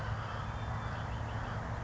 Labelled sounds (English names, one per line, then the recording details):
Red-winged Blackbird
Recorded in Sonoma County, California